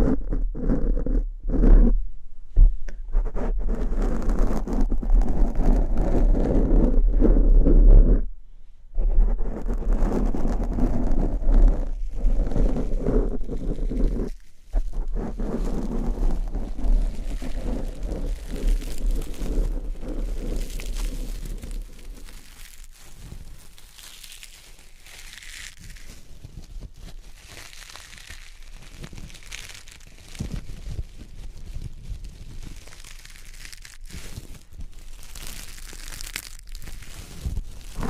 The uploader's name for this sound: Crunchy Slime x Brain Scratching